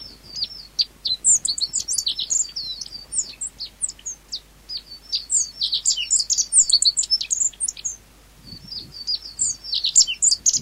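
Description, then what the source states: Meadow bunting calls: continuous high twittering of rapid, sharp chirps and slurred notes, with a short break before the chattering resumes. Recorded 10 May 1991.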